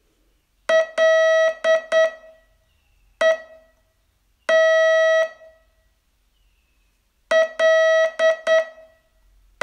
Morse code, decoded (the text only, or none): LET L